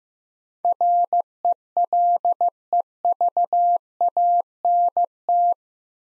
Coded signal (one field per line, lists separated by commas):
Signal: Morse code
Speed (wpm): 15 wpm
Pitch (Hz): 700 Hz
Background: none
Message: RELEVANT